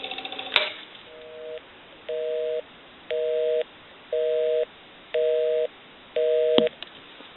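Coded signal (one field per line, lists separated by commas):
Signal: telephone call progress tone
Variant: North America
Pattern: busy tone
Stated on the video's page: Tones from a South American rotary telephone during initial checkout and repair/conversion.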